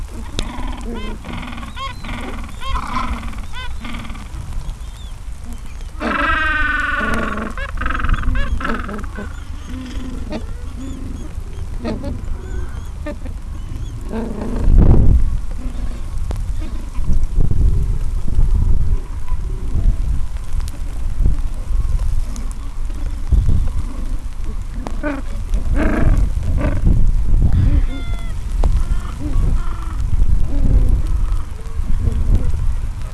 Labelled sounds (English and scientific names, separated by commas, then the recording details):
Gentoo Penguin (Pygoscelis papua)
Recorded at the colony at Gold Harbour, on 26 December 2014
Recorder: Song Meter SM2+